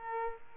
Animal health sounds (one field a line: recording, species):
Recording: mosquito wingbeat signal from an infrared sensor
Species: Aedes aegypti